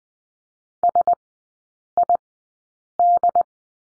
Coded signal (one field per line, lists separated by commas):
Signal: Morse code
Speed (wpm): 20 wpm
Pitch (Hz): 700 Hz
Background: none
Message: SID